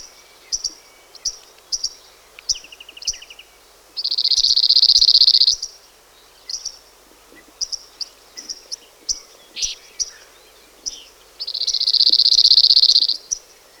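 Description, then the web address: Cirl bunting song twice, each a buzzy, fast rattle of identical notes under two seconds long, separated by about six seconds of sharp chirps and short note series. "Cirl"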